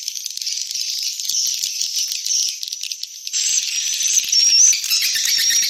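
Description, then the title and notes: Swiftlets give a continuous high twittering, thin chirps running together into a busy, shimmering chorus with a few clearer whistled notes near the end. Swiftlet farming context, Asia. "Swiflet Bird Sound. Farming Swiflet Bird asia sound"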